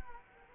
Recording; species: mosquito wingbeat signal from an infrared sensor; Culex quinquefasciatus